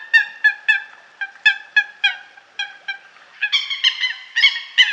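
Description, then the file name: Eurasian coot giving a string of short, nasal honks, the notes becoming higher and more strident near the end. "lyska"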